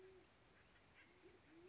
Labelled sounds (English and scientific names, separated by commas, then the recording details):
Band-tailed Pigeon (Patagioenas fasciata)
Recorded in Sonoma County, California